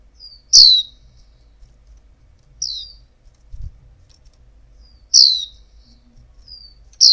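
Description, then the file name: White-eye giving a few widely spaced, high, down-slurred chirps and thinner soft notes, with a low background hum and a brief thud. Female bird. "pleci betina"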